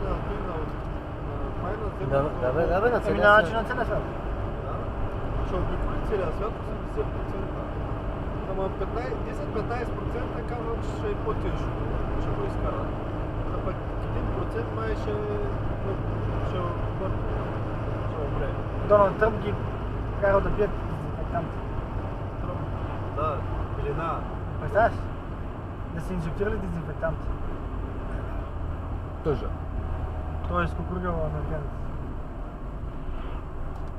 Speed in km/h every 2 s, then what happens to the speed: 96, 95, 95, 95, 96, 98, 98, 99, 99, 99, 98, 90, 86, 82, 78, 74, 70.
0-18 steady at about 96. 18-34 slows to 70.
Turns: none.